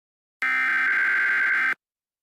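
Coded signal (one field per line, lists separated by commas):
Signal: Emergency Alert System (SAME) tones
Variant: header bursts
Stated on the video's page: Fictional alert scenario with text-to-speech messages.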